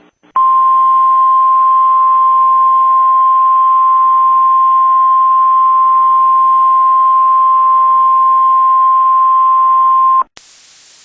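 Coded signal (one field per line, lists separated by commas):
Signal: Emergency Alert System (SAME) tones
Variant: 1050 Hz attention tone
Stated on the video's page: Simulated EAS mock alert for a fictional tornado.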